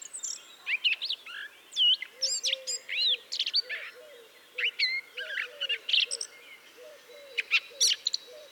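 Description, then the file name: Eurasian blackcap warbling with clear slurred whistles and quick chirps in uneven phrases, while soft low notes repeat in the background. "Sylvia atricapilla"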